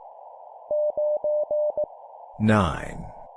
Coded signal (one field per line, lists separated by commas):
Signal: Morse code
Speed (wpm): 17 wpm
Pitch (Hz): 600 Hz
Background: speech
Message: 9E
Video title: 17wpm Numbers plus human voice, cw morse code practice